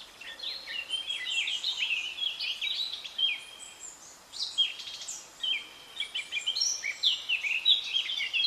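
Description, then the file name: Eurasian blackcap song, chattering warble of rising and falling notes delivered in phrases separated by short gaps. "Sylvia atricapilla"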